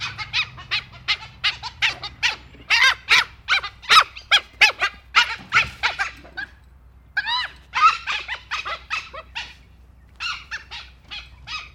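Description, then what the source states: Dhole excited calls: rapid chattering series of high, squeaky yelps and whistles, with short pauses between bursts. Excited vocalisation.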